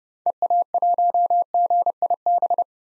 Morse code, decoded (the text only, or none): EA1GIB